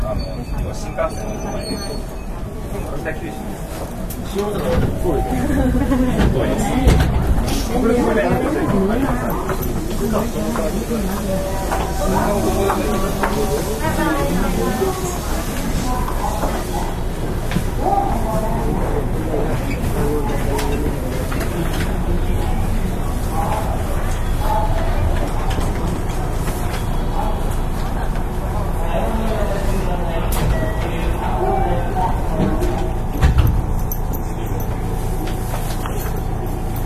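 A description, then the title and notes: A train ride on the section from Amagasaki to Kobe, with a steady, dense rumble of the moving carriage throughout. Voices talk on and off over the low running noise, which stays fairly even in loudness, with a brief louder knock near the 33-second mark. JR西日本207系0番台(F1編成) JR神戸線普通 尼崎から神戸まで. It is running sound of JR West Japan Series 207 train. I recorded on the local train of Kobe Line. The section is from Amagasaki to Kobe.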